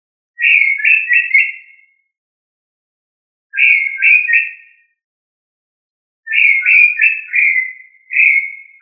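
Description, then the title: Tinamou call of quick falling whistles grouped in three bursts, each of three or four slurred notes, with silent gaps of about one and a half seconds between bursts, then a fourth burst begins at the end. "Familia Tinamidae - Quail - Puyuh"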